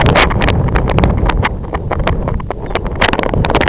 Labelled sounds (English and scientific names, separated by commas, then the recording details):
Lapland Longspur (Calcarius lapponicus)
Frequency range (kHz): Lapland Longspur (Calcarius lapponicus) 2.8-4.0 kHz
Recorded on Arctic tundra, site IGLO-F, on 25 June 2018
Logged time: 14:00